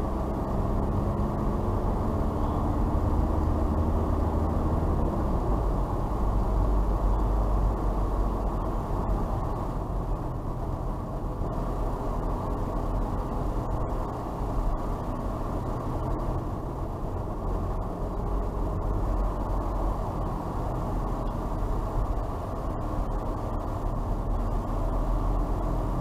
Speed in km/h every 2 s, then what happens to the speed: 32, 34, 34, 33, 29, 28, 28, 29, 31, 31, 26, 27, 29.
4-10 slows to 28. 10-26 steady at about 28.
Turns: none.